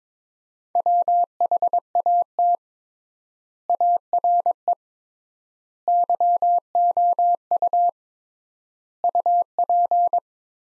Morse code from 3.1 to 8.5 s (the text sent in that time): ARE YOU